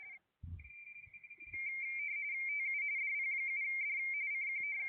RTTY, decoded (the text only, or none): TU DP7D CQ